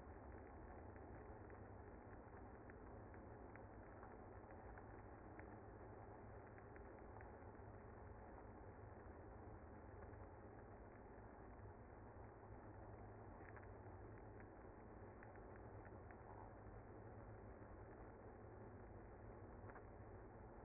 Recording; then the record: honeybee colony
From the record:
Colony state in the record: active